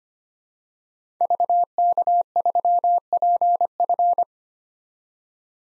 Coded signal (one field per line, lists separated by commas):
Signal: Morse code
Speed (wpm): 25 wpm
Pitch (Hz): 700 Hz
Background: none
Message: VK3PF